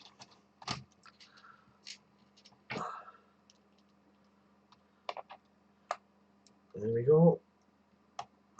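A case screw is turned backwards in its plastic screw hole in an Atari 1200XL computer case until the start of the thread drops into place, giving sharp clicks at 5.1 and 5.9 seconds among quieter ticks and scrapes. Someone talks briefly. The screw is seated properly, so it won't cross-thread and strip the plastic.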